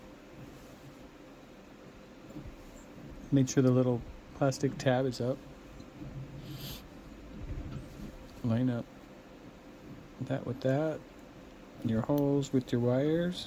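A plastic window piece for a Puffco hot knife, with its little plastic tab up, is handled and lined up so its holes sit over the wires of the heated knife housing before being pushed down. Someone talks over faint handling sounds. Nothing has seated or clicked yet.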